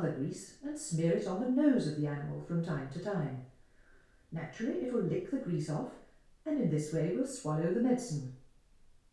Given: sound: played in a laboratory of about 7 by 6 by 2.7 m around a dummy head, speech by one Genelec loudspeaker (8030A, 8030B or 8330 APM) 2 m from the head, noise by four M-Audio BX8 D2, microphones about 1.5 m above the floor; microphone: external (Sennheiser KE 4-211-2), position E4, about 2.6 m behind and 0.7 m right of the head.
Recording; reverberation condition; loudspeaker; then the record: female speech in English; medium; 150 degrees to the left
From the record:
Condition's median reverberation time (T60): about 510 ms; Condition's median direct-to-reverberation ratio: about -0.5 dB